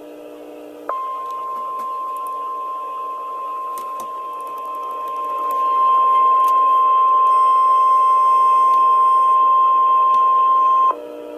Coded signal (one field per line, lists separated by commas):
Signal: Emergency Alert System (SAME) tones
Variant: 1050 Hz attention tone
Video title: Tornado Warning for Cleveland Co, OK | EAS - NOAA Weather Radio (4/13/2012)